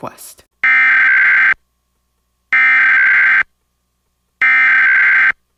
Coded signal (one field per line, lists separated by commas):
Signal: Emergency Alert System (SAME) tones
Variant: header bursts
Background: speech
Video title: EAS Mock: Child Abduction Emergency (Requested)